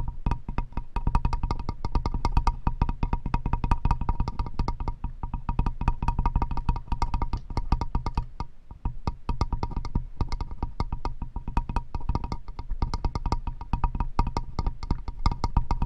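Wooden tapping runs in quick, dense flurries of sharp knocks, each with a hollow, slightly ringing tone. The pace stays busy and fairly even, with brief thinner stretches near five and eight seconds before the rapid tapping picks back up.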